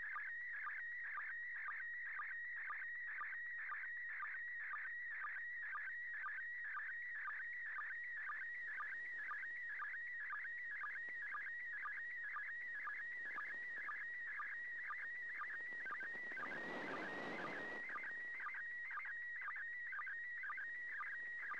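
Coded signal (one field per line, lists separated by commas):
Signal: SSTV (slow-scan television)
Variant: PD120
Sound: warbling, chirping tone with steady rhythmic clicks several times a second, continuous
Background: radio static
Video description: Transmissions should be on the standard frequency of 145.800 MHz and in the PD 120 format.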